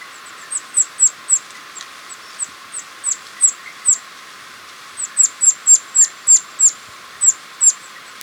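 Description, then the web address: Masked mountain tanager singing high, thin, squeaky notes in quick irregular bursts, several sharp downslurred chips per second with short pauses between runs. Ecuador. "Birds of Ecuador. Masked Mountain-Tanager"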